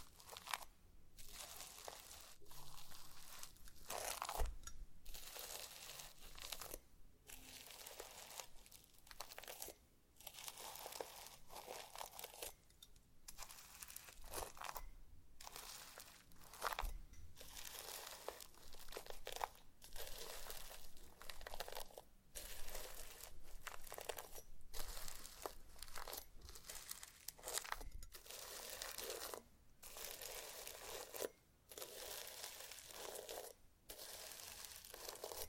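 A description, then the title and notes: Slime being squeezed and pressed, a dense run of crackly, crinkling pops and squelches that fills the whole stretch. The sound is bright and busy, broken every second or two by brief gaps of near silence before the crackling resumes. ASMR SLIME! 5 Satisfying Slimes.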